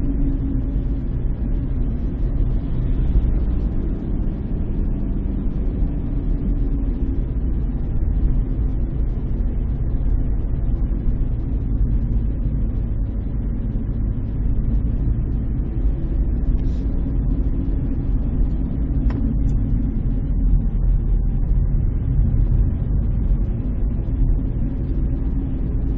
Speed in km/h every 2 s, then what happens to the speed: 29, 31, 29, 27, 26, 25, 25, 28, 27, 20, 13, 14, 27.
0-15 steady at about 27. 15-20 slows to 13. 22-26 speeds up to 27.